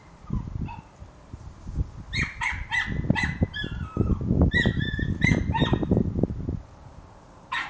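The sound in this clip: Dog giving short, high, whining yips in irregular bursts, with heavy low thumping and rustling noise throughout.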